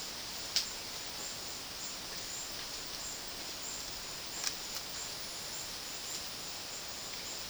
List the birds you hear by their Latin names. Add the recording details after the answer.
none. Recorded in dense forest near Puerto Asís, Putumayo, Colombia, on 20 February 2024 at 12:00. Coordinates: 0.500, -76.322. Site G6465